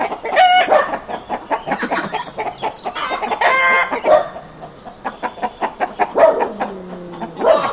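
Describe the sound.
Chickens clucking and squawking, a lively mix of quick clucks and harsh calls, with a low, drawn-out note near the end.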